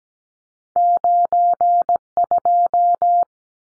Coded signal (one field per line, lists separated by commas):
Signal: Morse code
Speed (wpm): 17 wpm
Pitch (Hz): 700 Hz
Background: none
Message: 92